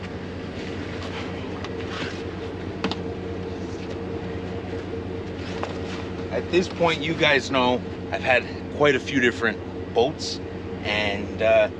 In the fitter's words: snap into place